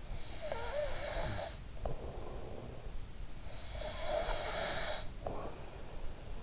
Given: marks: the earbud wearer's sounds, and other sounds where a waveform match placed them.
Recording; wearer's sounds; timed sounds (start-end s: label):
sounds in sleep by an in-ear microphone; snoring breath, breath
0.00-2.57 s: snoring breath
3.54-6.23 s: breath